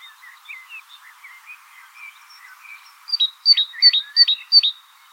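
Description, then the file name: Great tit calling: soft twittering chirps at first, then a burst of several loud, clipped notes that each fall in pitch, given rapidly. "Parus major"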